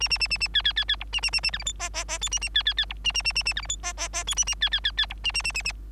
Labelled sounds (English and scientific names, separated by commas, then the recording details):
Bengalese Finch (Lonchura striata domestica) song
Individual Bird3